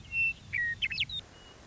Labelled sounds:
Western Meadowlark
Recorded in Sonoma County, California

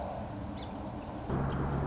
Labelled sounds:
Song Sparrow
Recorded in Sonoma County, California

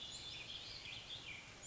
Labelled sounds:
Warbling Vireo
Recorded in Sonoma County, California

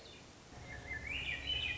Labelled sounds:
Swainson's Thrush
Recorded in Sonoma County, California

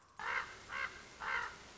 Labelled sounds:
Common Raven
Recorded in Sonoma County, California

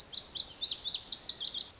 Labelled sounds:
Lazuli Bunting
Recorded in Sonoma County, California

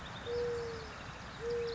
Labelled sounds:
Mourning Dove
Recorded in Sonoma County, California

